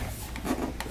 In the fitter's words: You can hear it move into place.